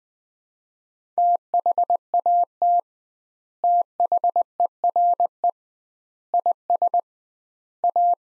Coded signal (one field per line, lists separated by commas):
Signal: Morse code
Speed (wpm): 21 wpm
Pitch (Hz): 700 Hz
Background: none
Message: THAT THERE IS A